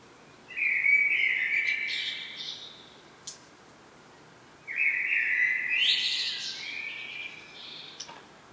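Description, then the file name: Common blackbird with two melodious phrases: a mellow flute-like run, a short pause, then a fuller warble climbing into shrill twitters. "Turdus merula"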